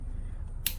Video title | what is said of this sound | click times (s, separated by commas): 2010 Volvo S80 3.2 Brake Vacum Pump seal replacement #volvo | Yep. Clicks right in. | 0.7 s